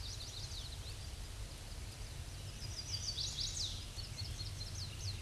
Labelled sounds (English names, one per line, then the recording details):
Chestnut-sided Warbler song
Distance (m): 20 m
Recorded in a Pennsylvania forest on 18 May 2023 at 06:46
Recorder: AudioMoth, point grid1_40_low
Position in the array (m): 122 m, 211 m